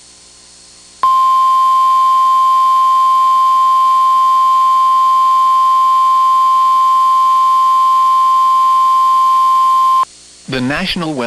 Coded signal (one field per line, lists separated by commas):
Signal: Emergency Alert System (SAME) tones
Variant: 1050 Hz attention tone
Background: speech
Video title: Severe Thunderstorm Warning (12/28/25) [EAS #349]